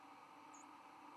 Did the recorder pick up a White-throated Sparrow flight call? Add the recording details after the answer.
no. Another species' flight call is heard. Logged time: 05:32 on 11 November 2014